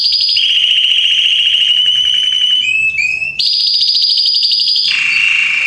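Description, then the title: Belgian canary song: sustained buzzy trills that drop, pause briefly, then jump back high before settling lower. Male Belgian canary singing a lot, used to warm up young canaries. "Esquente Seu Filhote E Canario Belga Em 30 Minutos Macho Cantando Muito. Esquente seu canrio belga em 30 minutos - Canrio Belga estourado"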